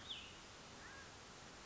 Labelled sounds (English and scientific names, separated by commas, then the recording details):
Cassin's Vireo (Vireo cassinii)
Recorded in Sonoma County, California